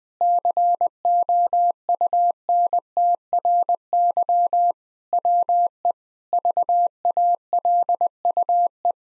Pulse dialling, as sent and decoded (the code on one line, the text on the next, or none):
none